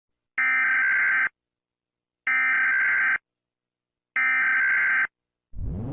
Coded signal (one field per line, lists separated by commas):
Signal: Emergency Alert System (SAME) tones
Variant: header bursts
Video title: Wrath Of The Blood Moon (OMEGA EAS SCENARIO)